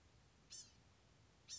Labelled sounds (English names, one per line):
Blue-gray Gnatcatcher